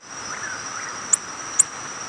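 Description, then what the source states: Black-throated blue warbler giving two very brief, high, thin flight notes about half a second apart over a steady high-pitched background whine and soft hiss. Nocturnal flight call.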